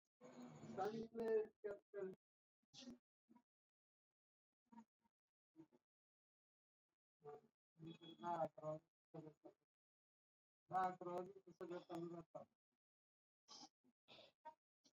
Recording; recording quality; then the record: shallow breathing; poor, much background noise or distortion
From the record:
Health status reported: healthy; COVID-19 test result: not tested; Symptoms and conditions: none ticked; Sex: female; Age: 26 years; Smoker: not ticked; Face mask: not worn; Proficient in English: yes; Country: India